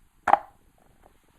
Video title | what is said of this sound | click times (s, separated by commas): Pelican ProGear Vault Extreme Protection Case iPad Mini review | Now it's totally clicked in. Okay, there was another click. I was closing it. It wasn't clicked all the way. | 0.3 s, 1.1 s